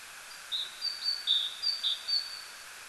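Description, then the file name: Great tit singing high, thin whistled notes alternating between a lower and a higher pitch, several times against a steady hiss. "Parus major"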